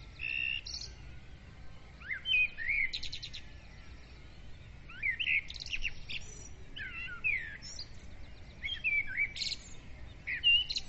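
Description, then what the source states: Birds sing in bursts of chirps, falling whistles and short trills, separated by brief quieter gaps, with soft background noise. Birds' dawn praise (dawn chorus), recorded with a ZOOM recorder.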